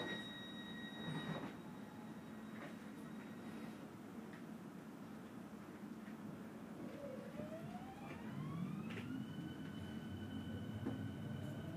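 An S-Bahn train rolls along with a steady low rumble and a thin electric whine above it. Around seven seconds the motor's whine climbs in pitch as the train speeds up, then holds level, with occasional clicks and knocks from the wheels.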